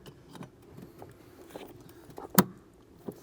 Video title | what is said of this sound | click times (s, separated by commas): Audi Q5 Heater Core Hose Replacement DIY (2013-2017 Audi MLB A4, A5, S5, Q5, SQ5) | you want to hear that click | 2.4 s